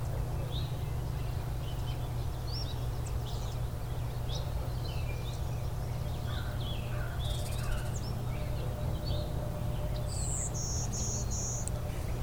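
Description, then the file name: Golden-winged warbler song near the end: a high buzzy note followed by three flat, even buzzes, with other birds chirping earlier and a steady low rumble throughout. Allegany, Maryland, USA, 30 May 2010. "Golden-winged Warbler allegany md"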